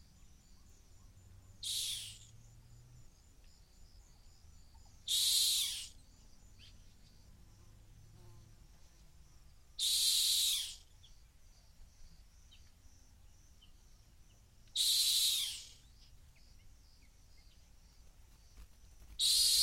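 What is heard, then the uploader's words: A rock hyrax gives short, shrill, hissing shrieks, each under a second long, at roughly four to five second intervals: five calls across the clip. Between calls there is a low, steady rumble, with a faint deep hum rising now and then underneath. A rock hyrax calling from the edge of a gorge in the Masai Mara.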